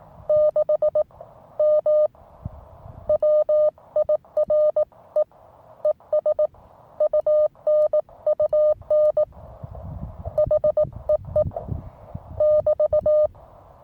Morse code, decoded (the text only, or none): 6M WIRE ES UNUN HEE <BT>